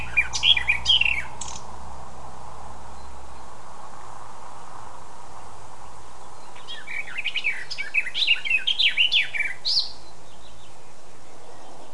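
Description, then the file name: Eurasian blackcap song, a brief warbled opening, then a long quiet pause and a longer, busy run of chattering, twittering notes. "Sylvia atricapilla"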